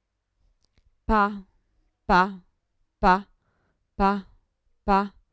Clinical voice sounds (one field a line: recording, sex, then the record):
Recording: repeated syllable /pa/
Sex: female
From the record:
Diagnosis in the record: Parkinson's disease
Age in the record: 54 years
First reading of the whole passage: 55 s, 9.4 characters per second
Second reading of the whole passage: 50 s, 10.4 characters per second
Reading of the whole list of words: 55 s, 5.1 characters per second